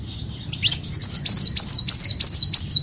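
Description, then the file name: Leafbird song: a rapid run of high, sharp whistled notes, each sliding up then down, repeated in quick succession. "Tieng chim xanh tim"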